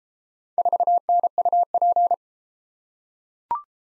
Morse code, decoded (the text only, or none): 4NUP